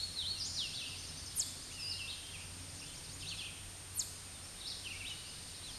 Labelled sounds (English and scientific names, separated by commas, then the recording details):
Red-eyed Vireo (Vireo olivaceus) song
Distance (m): 30 m
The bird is about 10 m above the microphone
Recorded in a Pennsylvania forest on 16 May 2024 at 08:19
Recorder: AudioMoth, point MSD-0398
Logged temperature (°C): 16.4 °C
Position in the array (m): 159 m, 66 m